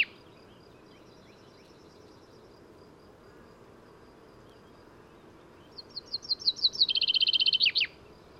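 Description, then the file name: Common chaffinch: a faint song early on, then after a quiet stretch a loud, clear phrase of rapid high notes dropping into a trill with an ending flourish. "Fringilla coelebs"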